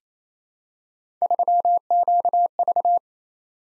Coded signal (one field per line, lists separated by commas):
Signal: Morse code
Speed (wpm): 27 wpm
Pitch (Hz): 700 Hz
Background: none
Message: 3QV